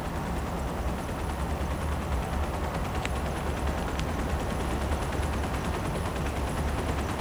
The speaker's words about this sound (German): Vom A-Block startet gerade ein Hubschrauber. Komisch. Ausgerechnet jetzt.